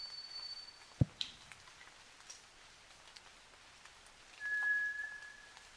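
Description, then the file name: White's thrush giving a high, thin, steady whistle, then a lower drawn-out whistle a few seconds later, with a sharp knock and dripping ticks in the background. Recorded at night, 29 June 2009, 23:14. "toratugumi 20090629-2314"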